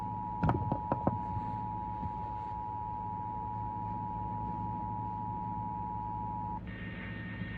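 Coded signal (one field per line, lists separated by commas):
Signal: Emergency Alert System (SAME) tones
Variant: 853 and 960 Hz attention tone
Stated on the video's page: Compilation of alerts received across Shreveport.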